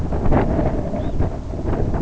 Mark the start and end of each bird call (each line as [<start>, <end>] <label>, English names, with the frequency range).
[0.91, 1.20] Red Phalarope (2.8-4.5 kHz)